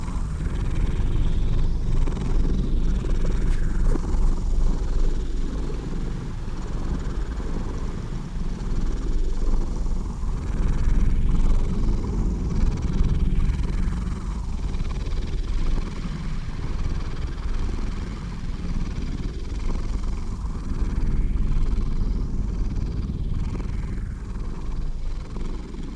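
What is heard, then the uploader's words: A cat purrs steadily, a deep, dense rumble that fills the low end and holds an even level for the whole stretch. Faint fluttering texture rides on top with slight swells in the middle, and nothing else interrupts it. Cosmic Cat Purrfest Meditation.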